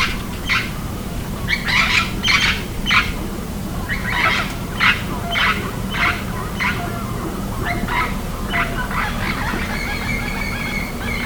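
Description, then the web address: Bird giving harsh chattering call notes in rapid irregular bursts, with a steady low rumble throughout. "BIRD 2015 SABIOD"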